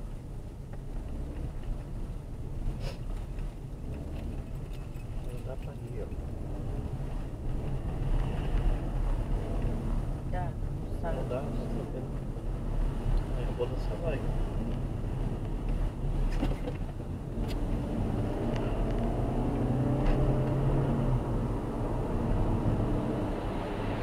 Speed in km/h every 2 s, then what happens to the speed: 20, 21, 24, 25, 27, 30, 31, 30, 42, 51, 59, 59.
0-20 speeds up to 59.